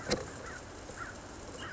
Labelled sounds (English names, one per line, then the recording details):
American Crow
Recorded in Sonoma County, California